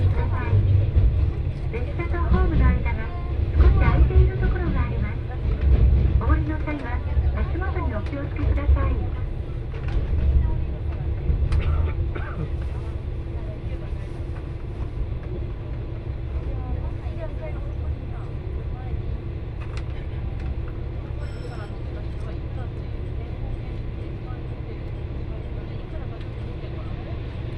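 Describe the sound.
A ride on the Etsumi-Hoku line train from Hakariishi toward Fukui, with a heavy low rumble of the carriage running throughout. Voices talk over it during the first dozen seconds, then the noise settles into a quieter, steady drone with a few faint clicks.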